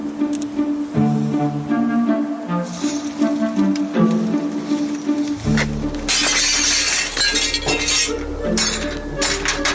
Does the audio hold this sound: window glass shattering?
yes